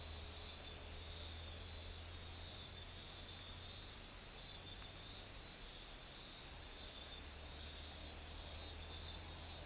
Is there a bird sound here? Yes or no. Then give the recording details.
no. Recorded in forest near Pivijay, Magdalena, Colombia, on 6 June 2023 at 00:30. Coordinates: 10.467, -74.380. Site Z5-G034